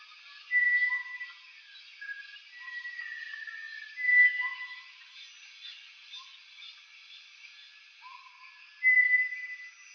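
Bartlett's tinamou giving a few loud, level whistles at irregular intervals, with brief lower whistled notes and a continuous high drone.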